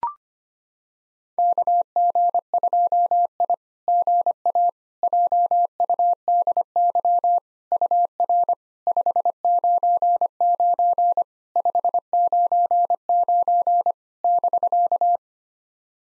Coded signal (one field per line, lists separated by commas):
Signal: Morse code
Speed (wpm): 28 wpm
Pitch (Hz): 700 Hz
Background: none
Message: KG2I GA JUDY UR 599 599 <BK>